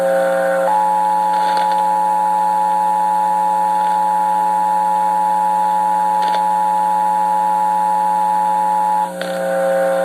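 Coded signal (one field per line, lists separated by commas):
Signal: Emergency Alert System (SAME) tones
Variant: 853 and 960 Hz attention tone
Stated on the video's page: National Periodic Test EAS captures from August 2021 on three radio stations and TV; the test was extremely quiet with an audible hum.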